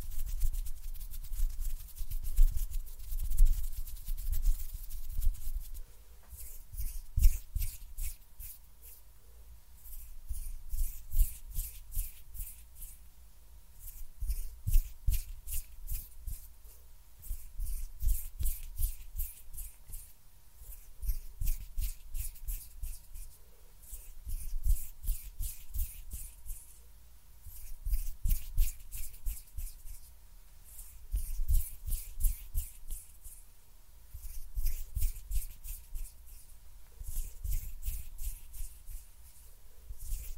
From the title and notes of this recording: ASMR HAND SOUNDS AND FINGER FLUTTERING VERY CLOSE TO GET YOU TO SLEEP – NO TALKING.